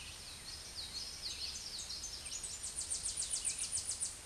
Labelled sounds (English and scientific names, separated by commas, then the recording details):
Tennessee Warbler (Leiothlypis peregrina) song
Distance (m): 30 m
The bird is about 5 m above the microphone
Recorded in a Pennsylvania forest on 16 May 2024 at 07:08
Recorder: AudioMoth, point MSD-0665
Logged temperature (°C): 16.1 °C
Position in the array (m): 72 m, 62 m